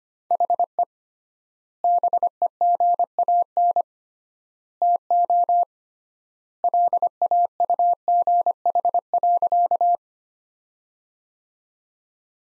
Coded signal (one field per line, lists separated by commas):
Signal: Morse code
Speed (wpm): 25 wpm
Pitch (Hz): 700 Hz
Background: none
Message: HE BEGAN TO LAUGH.